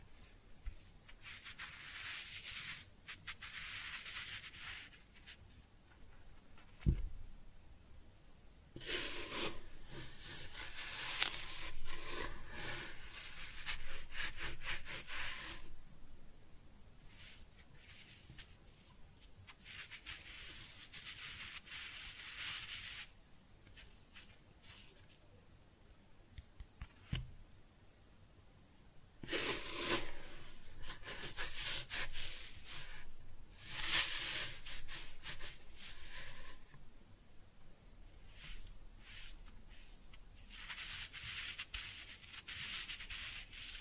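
Kinetic sand being cut and scooped, in bursts of soft bright crunching and scraping with quiet gaps and two sharp knocks around 7 and 27 seconds.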